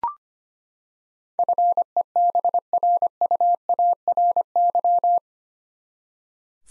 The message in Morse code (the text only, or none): FEBRUARY